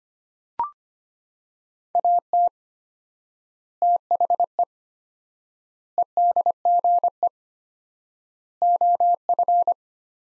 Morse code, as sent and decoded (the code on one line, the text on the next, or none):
.- - / - .... . / . -.. --. . / --- ..-.
AT THE EDGE OF